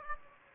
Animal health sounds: mosquito wingbeat signal from an infrared sensor; Aedes aegypti

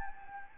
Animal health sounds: mosquito wingbeat signal from an infrared sensor; Anopheles gambiae

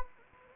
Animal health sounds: mosquito wingbeat signal from an infrared sensor; Anopheles gambiae

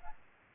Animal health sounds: mosquito wingbeat signal from an infrared sensor; Aedes albopictus

